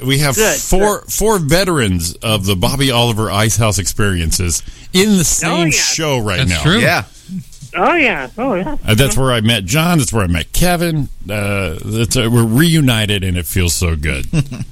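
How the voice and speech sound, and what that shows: Relaxed, fluent conversation between adult men in a studio chat show, including a comedian guest, with brief overlapping replies and banter; ordinary speech, no disorder heard.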